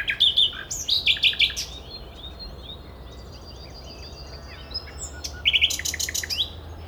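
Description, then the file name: Common nightingale song with loud rapid repeated notes, a quieter stretch of soft notes in the middle, then another burst of fast repeated notes. "Luscinia megarhynchos"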